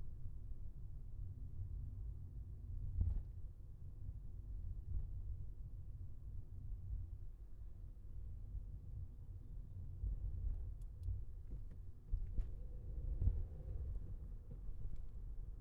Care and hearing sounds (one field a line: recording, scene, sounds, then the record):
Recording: everyday scene through a hearing-aid microphone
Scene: in a vehicle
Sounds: engine, highway traffic jam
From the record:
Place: Skoda Fabia, gasoline engine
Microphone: behind the ear, left, rear